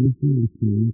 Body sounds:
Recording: neck accelerometer signal played as sound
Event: no cough (speech, laughter, throat clearing or background)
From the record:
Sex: male

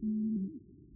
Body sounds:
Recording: neck accelerometer signal played as sound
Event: no cough (speech, laughter, throat clearing or background)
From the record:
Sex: male

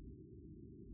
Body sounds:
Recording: neck accelerometer signal played as sound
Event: no cough (speech, laughter, throat clearing or background)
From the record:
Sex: male

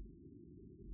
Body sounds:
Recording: neck accelerometer signal played as sound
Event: no cough (speech, laughter, throat clearing or background)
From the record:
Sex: female

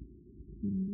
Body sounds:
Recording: neck accelerometer signal played as sound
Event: no cough (speech, laughter, throat clearing or background)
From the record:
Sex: male

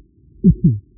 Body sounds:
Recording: neck accelerometer signal played as sound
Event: voluntary cough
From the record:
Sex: male

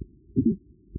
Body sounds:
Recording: neck accelerometer signal played as sound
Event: voluntary cough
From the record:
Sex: female

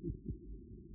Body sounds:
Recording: neck accelerometer signal played as sound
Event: no cough (speech, laughter, throat clearing or background)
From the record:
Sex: male

